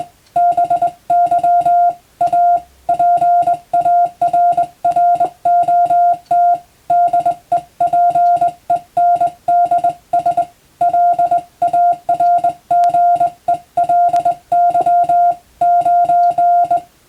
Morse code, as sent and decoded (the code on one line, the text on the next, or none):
-... -.-- / .- / .--. .- .-. .-. --- - / -.. . .--. . -. -.. ... / .-.. .- .-. --. . .-.. -.-- / ----.
BY A PARROT DEPENDS LARGELY 9